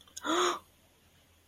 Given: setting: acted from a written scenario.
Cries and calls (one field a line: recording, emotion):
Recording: vocal sound without words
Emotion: elation